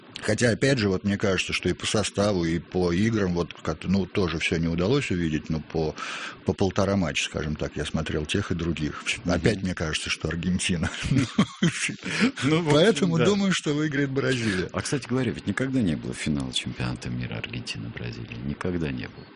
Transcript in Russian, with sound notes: Хотя опять же, мне кажется, и по составу, и по играм – ну, тоже все не удалось увидеть, по полтора матча, скажем так, я смотрел тех и других – опять мне кажется, что Аргентина. (смеются) Поэтому думаю, что выиграет Бразилия.
А кстати говоря, ведь никогда не было финала чемпионата мира Аргентина – Бразилия, никогда не было.